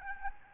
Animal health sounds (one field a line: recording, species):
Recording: mosquito wingbeat signal from an infrared sensor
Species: Aedes albopictus